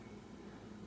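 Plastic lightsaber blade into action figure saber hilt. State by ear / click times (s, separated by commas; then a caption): not seated / none. A second plastic toy lightsaber blade is being fitted into an action figure's saber hilt. Only a steady, low, noisy hum is heard, with no distinct hits or sharp sounds. Nothing has seated or clicked yet.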